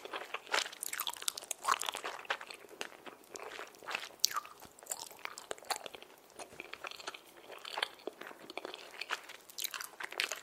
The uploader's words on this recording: 팝핑캔디+젤리 이팅사운드 | popping candy jelly eating sound.